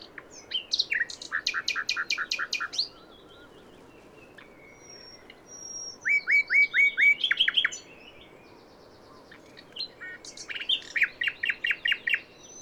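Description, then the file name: Common nightingale song: rapid repeated notes in loud bursts of about two seconds, with a high thin whistle between phrases, separated by short pauses. "Luscinia megarhynchos"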